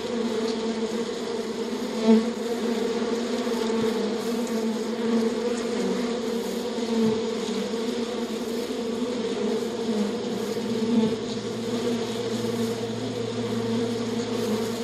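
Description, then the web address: Bee giving an unbroken droning buzz, steady in pitch, with a few short louder passes along the way. "dzwieki natury pszczoly"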